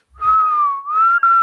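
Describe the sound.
A person whistles to imitate a character, a steady, clear mid-pitched tone that dips slightly and rises again, with a brief break near the end. There is no talking, only the sustained whistle.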